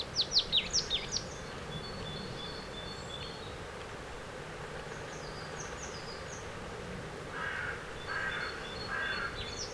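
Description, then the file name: Marsh tit uttering a quick burst of sharp, high, descending notes at the start, then only faint thin sounds and background noise. "Poecile palustris"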